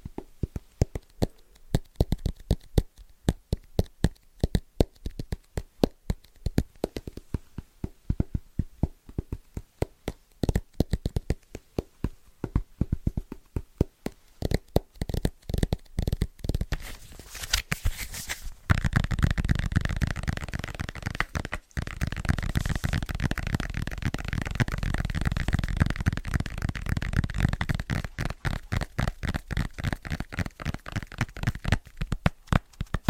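Rapid, rhythmic tapping on assorted objects runs throughout, with sharp clicky strikes coming in quick bursts. For the first eighteen seconds the taps are crisp and sparse-edged; then they turn denser and fuller, with a heavier, thumping low end continuing to the close.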